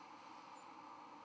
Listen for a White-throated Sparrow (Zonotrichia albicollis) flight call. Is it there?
yes